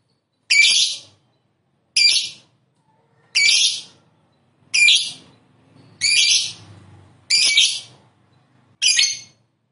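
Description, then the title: Lovebird calls: seven harsh, shrill screeches, each short and rasping, repeated steadily about every one and a half seconds. "Suara Lovebird"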